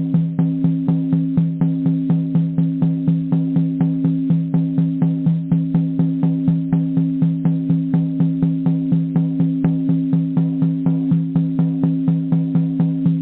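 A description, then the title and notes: Drumming in a steady, even pulse of about three to four strokes a second, each hit sharp and alike, with no change in pace over the whole clip. A constant low, humming tone sits underneath the beats, and the sound stays dull with no high sparkle. Drumming.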